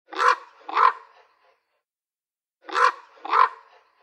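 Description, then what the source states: Common Raven croaks: two raw, deep, harsh calls in quick succession, then after a pause of about a second and a half another matching pair. Raw, deep throat call 'kroa-kroa', the raven's most frequently heard sound among a rich repertoire.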